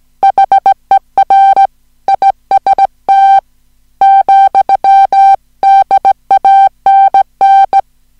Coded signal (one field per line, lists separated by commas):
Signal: Morse code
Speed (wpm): 17 wpm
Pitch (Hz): 780 Hz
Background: music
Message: HER IST, DANN